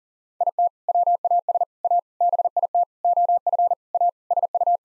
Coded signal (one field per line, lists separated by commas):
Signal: Morse code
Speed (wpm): 40 wpm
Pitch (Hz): 700 Hz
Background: none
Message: IT WAS A BIT OF A SU